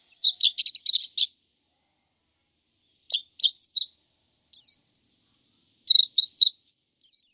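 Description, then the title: White-eye giving scattered high, thin twitters and short chattering bursts, broken by silent gaps of up to about two seconds. "Suara burung pleci"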